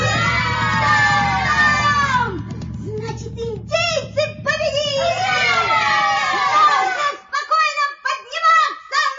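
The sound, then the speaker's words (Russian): Several boys in their little house below shout and whoop together in excited, triumphant cries on hearing the victory sounds of a tom-tom, loud overlapping high-pitched voices rising and falling for several seconds, with a low rumble underneath early on that fades out. “Услышав победные звуки там-тама, мальчишки внизу, в своем домике, закричали.”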